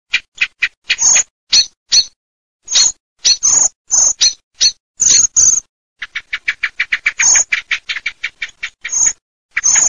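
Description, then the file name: Common blackbird calls: sharp, clicking chacks in uneven bursts, then a quicker run of short clicks, separated by abrupt silent gaps. "MERLOLUC"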